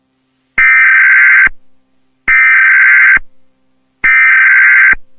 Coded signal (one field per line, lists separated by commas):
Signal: Emergency Alert System (SAME) tones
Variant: header bursts